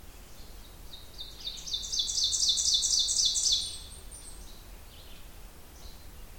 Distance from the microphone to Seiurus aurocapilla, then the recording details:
about 20 m. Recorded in boreal forest in Alberta, Canada, on 28 June 2016 at 08:43. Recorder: SongMeter 3, array SBT-6-79. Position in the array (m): 93 m, 196 m. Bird 41